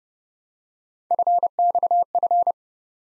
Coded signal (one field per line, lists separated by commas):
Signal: Morse code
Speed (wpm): 28 wpm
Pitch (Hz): 700 Hz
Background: none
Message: FXF